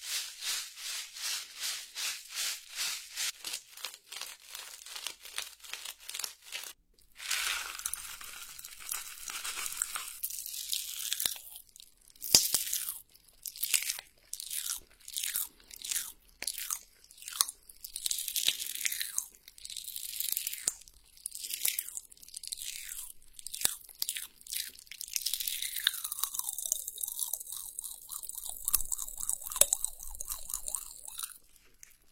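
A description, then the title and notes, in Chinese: Crisp crunching and crackling of popping candy and chips, rapid at first, then irregular bites with brief fizzing near the end. 口腔音｜跳跳糖、泡泡糖、香蕉、汽水儿、薯片。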